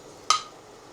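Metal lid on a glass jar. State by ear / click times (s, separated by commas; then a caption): released / 0.3 s. A tin opener is levered under the metal lid of a glass jar to let air in and break the vacuum. A single sharp pop sounds at 0.3 s with a bright ring near 1 kHz that quickly fades. The vacuum is released and the lid pops open.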